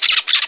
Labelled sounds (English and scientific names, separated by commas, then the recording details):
Brown-throated Parakeet (Eupsittula pertinax) contact call
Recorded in Margarita
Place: San Francisco, near stadium
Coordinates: 11.018, -64.294